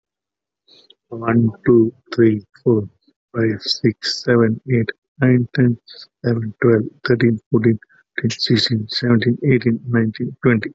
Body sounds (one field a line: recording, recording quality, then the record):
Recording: counting at a normal pace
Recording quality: excellent, no background noise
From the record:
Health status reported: COVID-19 positive, mild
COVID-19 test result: positive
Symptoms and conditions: cough, chronic lung disease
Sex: male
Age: 52 years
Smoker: not ticked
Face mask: not worn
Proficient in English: yes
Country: India